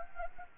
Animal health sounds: mosquito wingbeat signal from an infrared sensor; Anopheles gambiae

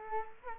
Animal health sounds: mosquito wingbeat signal from an infrared sensor; Culex quinquefasciatus

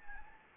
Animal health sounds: mosquito wingbeat signal from an infrared sensor; Anopheles gambiae

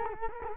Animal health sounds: mosquito wingbeat signal from an infrared sensor; Culex quinquefasciatus

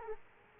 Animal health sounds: mosquito wingbeat signal from an infrared sensor; Culex quinquefasciatus

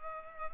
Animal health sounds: mosquito wingbeat signal from an infrared sensor; Culex pipiens

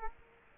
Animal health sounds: mosquito wingbeat signal from an infrared sensor; Culex quinquefasciatus

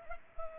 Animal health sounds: mosquito wingbeat signal from an infrared sensor; Culex pipiens

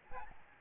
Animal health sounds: mosquito wingbeat signal from an infrared sensor; Aedes albopictus

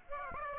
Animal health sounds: mosquito wingbeat signal from an infrared sensor; Aedes aegypti

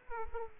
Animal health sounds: mosquito wingbeat signal from an infrared sensor; Aedes aegypti

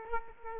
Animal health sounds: mosquito wingbeat signal from an infrared sensor; Aedes aegypti

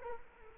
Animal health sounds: mosquito wingbeat signal from an infrared sensor; Culex quinquefasciatus

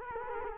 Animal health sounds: mosquito wingbeat signal from an infrared sensor; Culex quinquefasciatus

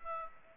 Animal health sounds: mosquito wingbeat signal from an infrared sensor; Aedes aegypti

